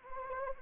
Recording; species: mosquito wingbeat signal from an infrared sensor; Anopheles arabiensis